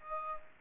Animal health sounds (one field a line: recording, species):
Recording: mosquito wingbeat signal from an infrared sensor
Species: Aedes aegypti